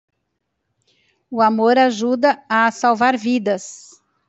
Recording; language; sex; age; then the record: short text; Brazilian Portuguese; female; 50 to 59 years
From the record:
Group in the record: control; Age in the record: 59 years